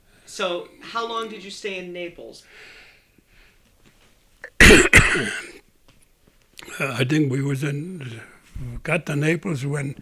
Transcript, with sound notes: So how long did you stay in Naples?
( he coughs ) I think we were, we got to Naples when